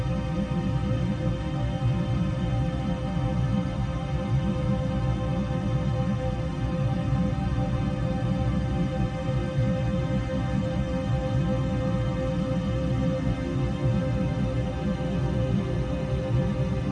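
A low, steady rumble of ship engines fills the bottom, dense and unchanging from start to finish. Above it sit sustained ethereal tones, several held notes layered like a soft drone. Nothing rises or drops; the level stays even throughout.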